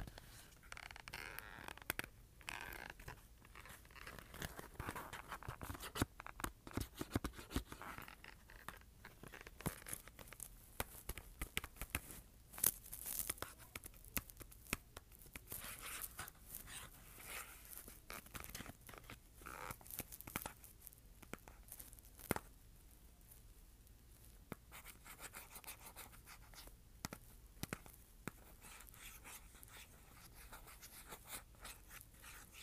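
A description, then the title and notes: A cardboard container is handled, giving dense crackling, scratching and tapping with many sharp clicks spread across the first twenty seconds or so. After that the sounds thin out into scattered taps and rustles over a faint, steady low hiss. ASMR Cardboard Container.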